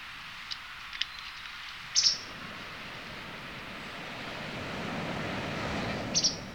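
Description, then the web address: White wagtail giving two brief, high, chipping double calls about four seconds apart, over low background noise. Recorded on 11 May 2018. "chikushishou bird watching club 2018 5 11 hakusekirei"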